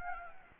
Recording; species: mosquito wingbeat signal from an infrared sensor; Anopheles gambiae